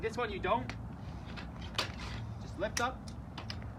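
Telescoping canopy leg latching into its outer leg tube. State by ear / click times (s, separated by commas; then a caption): seated / 3.5 s. Someone talks while lifting the frame of a pop-up canopy with a foot on the leg's flange, as the telescoping metal leg extends. At 3.5 s the leg's spring pin clicks into its height hole, and the leg extension locks into place in its outer leg tube.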